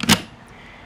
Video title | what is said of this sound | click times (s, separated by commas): Tombstone Guides: Episode 2 - Mossberg 500/590 vs Remington 870 | it locks in place and it's | 0.0 s